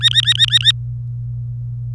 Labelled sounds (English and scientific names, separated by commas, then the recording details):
Domestic Canary (Serinus canaria) song
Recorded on 24 April 2018 at 08:17
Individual llb3